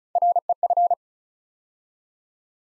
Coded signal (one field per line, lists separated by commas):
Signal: Morse code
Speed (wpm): 36 wpm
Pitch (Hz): 700 Hz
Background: none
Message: REF